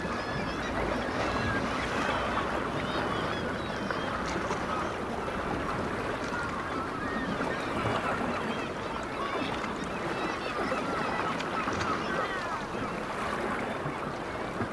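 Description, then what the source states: Black-legged kittiwakes filling the scene with a thick chorus of wavering, nasal calls, overlapping against a broad steady rush of sound. Kittiwakes recorded at Dunbar.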